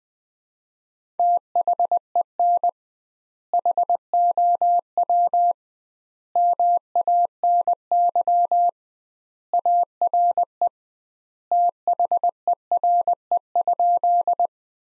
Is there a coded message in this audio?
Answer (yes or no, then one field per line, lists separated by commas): yes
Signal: Morse code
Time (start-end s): 1.2-14.5 s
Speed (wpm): 20 wpm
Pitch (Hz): 700 Hz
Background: none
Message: THEN HOW MANY ARE THERE?